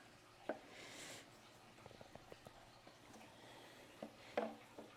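Plastic frame pieces of an aquarium net breeder (Penn Plax Delux / Imagitarium) are pressed hard into their joints, with a sharp click at 0.5 s and another at 4.4 s, plus quieter plastic ticks and creaks in between. The pieces seat, all going in and fitting very tightly.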